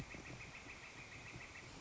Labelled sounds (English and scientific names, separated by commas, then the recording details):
Northern Flicker (Colaptes auratus)
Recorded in Sonoma County, California